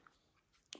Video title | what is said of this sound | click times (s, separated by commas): Addressing Safariland holster model issues, PL350 fit and configuration. | but it locks in place no problem | 0.7 s